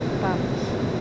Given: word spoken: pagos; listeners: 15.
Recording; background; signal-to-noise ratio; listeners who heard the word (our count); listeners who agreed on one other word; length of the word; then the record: one Spanish word in noise, from a listening test; speech-shaped noise; -6.5 dB; 0 of 15; 6 of 15; 0.61 s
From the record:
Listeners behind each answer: 6, 4, 2, 1, 1, 1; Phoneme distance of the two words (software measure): 10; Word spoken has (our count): 2 syllables, 5 phonemes, stress on syllable 1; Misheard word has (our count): 2 syllables, 5 phonemes, stress on syllable 1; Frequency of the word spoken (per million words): 22.58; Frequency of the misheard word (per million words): 1.44